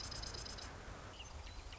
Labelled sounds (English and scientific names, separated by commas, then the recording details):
Marsh Wren (Cistothorus palustris)
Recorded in Sonoma County, California